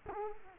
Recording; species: mosquito wingbeat signal from an infrared sensor; Culex quinquefasciatus